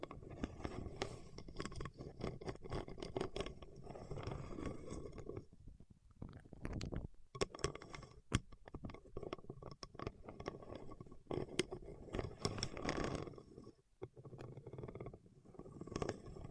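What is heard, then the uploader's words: Waxed fingertips rub and scrape in dense, crackly bursts, with a low rumbling texture under the friction. The rubbing thins out into brief quiet gaps around six and fourteen seconds, and sharp clicks cut through near eight and eleven seconds. ASMR with Wax Fingertips for Sleep (No Talking).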